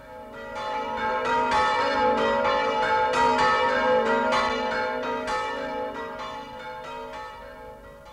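Church bells ring in a steady peal, strike after strike blending into a dense, shimmering wash of resonant tones that holds for several seconds before easing slightly. No voices are heard.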